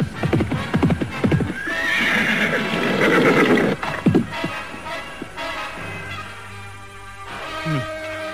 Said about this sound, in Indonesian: Lalu tak beberapa lama kemudian, datanglah Layang Suta dengan kuda putihnya.